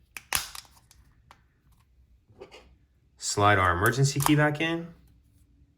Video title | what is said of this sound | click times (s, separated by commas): How To Replace Infiniti QX50 Remote Key Fob Battery 2020 - 2023 Change Replacement QX 50 Batteries | then we can snap the two halves of the shell back together slide | 0.2 s, 0.3 s